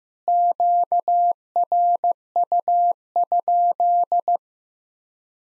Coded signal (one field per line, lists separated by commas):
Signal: Morse code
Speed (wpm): 15 wpm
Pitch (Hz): 700 Hz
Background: none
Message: QRU?